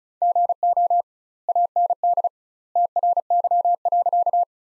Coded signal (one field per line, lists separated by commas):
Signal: Morse code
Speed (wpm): 34 wpm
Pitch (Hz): 700 Hz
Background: none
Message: GO AND TRY.